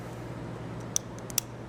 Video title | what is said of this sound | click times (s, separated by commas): Trim Finishing System 120 Set Up Video | You should hear it click. And that's what ensures that we have a perfectly aligned tip in the cap. | 1.0 s, 1.4 s